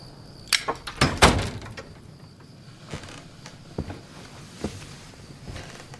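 A door opens as a priest enters, in the film Gran Torino, with a cluster of creaks and sharp clunks of the latch and handle, followed by a few softer scattered knocks and steps against a quiet background.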